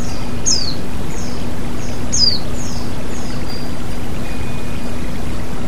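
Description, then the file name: White-eye giving a few high, quick descending chirps with softer echoing notes, over loud, steady flowing water. White-eye (pleci) with flowing water, bird therapy. "terapi air mengalir burung pleci"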